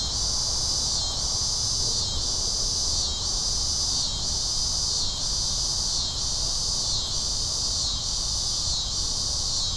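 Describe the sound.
Cicadas buzzing in a dense high drone that swells and dips roughly once a second, over faint low background noise.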